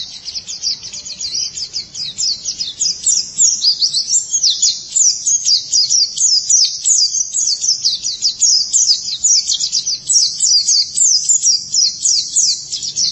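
White-eye delivering a long, nonstop high twitter of dense trills of rapid chirps.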